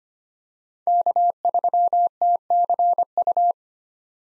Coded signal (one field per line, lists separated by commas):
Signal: Morse code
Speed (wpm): 25 wpm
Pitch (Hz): 700 Hz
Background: none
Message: K3TCU